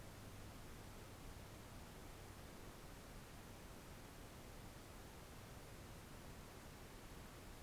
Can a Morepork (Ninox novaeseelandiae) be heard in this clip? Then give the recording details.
no. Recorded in New Zealand on 4 June 2017. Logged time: 21:16. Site Taranaki